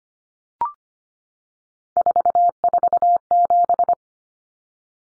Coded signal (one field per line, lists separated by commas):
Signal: Morse code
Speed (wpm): 25 wpm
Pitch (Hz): 700 Hz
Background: none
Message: 447